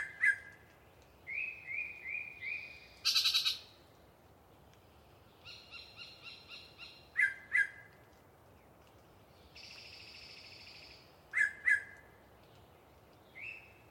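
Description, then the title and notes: Yellow-breasted chat song made of varied phrases: a run of short whistled notes, a harsh rattling burst, buzzy trills and doubled clucks, with quiet pauses between them. Long pre-dawn singing by one very vocal bird in deciduous cover. "A Very Chatty Yellow-breasted Chat. A particularly chatty Yellow-breasted Chat provides us a long pre-Dawn soliloquy while hanging out in some deciduous coverage"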